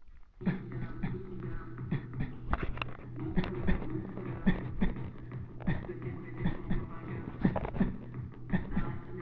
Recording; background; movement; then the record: voluntary coughing; music; sitting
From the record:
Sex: male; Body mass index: 23.7 kg/m2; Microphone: on the chest, facing the body